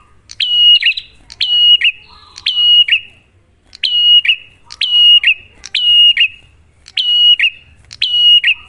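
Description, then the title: Prinia song: clicky-onset notes that settle into a steady high whistle and dip at the end, repeated roughly once a second. Duet of Cililin vs Kapas Tembak, a master (masteran) lure recording for prenjak; bird singing actively (gacor) with a clear voice. "Masteran Duet Cililin Vs Kapas Tembak. Pancingan Prenjak Gacor Suara Jernih"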